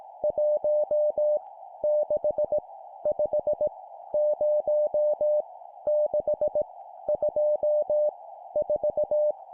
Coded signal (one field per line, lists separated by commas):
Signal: Morse code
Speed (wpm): 18 wpm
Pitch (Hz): 600 Hz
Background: none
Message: 1 6 5 0 6 2 4